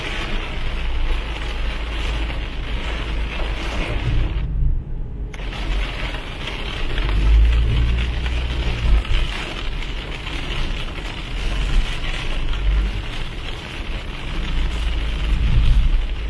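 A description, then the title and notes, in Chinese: Driving in the rain, with a constant dense hiss over a deep engine and road rumble; the bright upper hiss briefly drops out around four seconds. 在雨中开车。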